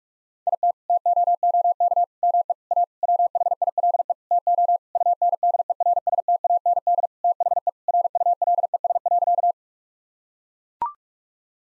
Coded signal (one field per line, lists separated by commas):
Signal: Morse code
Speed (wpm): 41 wpm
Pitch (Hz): 700 Hz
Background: none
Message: IT TOOK ME A WHILE TO UNDERSTAND THE RULES.